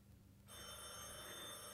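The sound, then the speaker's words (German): A telephone bell starts ringing abruptly after a low murmur, a sustained bright jangle with steady high metallic tones that keeps going to the end. “Telefon.”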